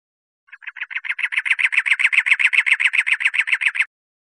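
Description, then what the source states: Wren giving a fast, even rattle of many dry, harsh notes, starting softly and building in loudness for about three seconds before stopping abruptly. In Costa Rica.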